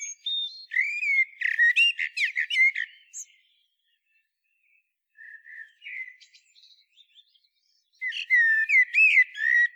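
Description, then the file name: Common blackbird song: a rich warbled phrase with twittery ends, a few soft quiet notes, then another loud fluty phrase near the end. "Turdus merula"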